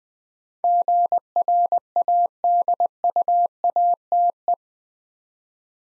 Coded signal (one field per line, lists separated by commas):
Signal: Morse code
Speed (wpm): 21 wpm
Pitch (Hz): 700 Hz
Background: none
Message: GRADUATE